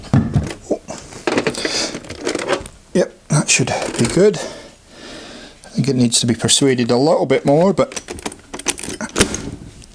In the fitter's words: there we go that clicked in he heard it that's it it's gonna hold it there